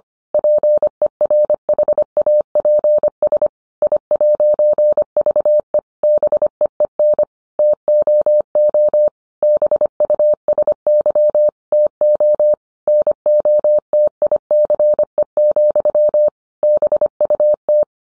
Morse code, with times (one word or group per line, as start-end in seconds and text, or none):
0.3-3.5 PERHAPS
3.8-5.8 I'VE
6.0-7.2 BEEN
7.6-9.1 TOO
9.4-11.5 BUSY
11.7-12.5 TO
12.9-16.3 NOTICE,
16.6-17.8 BUT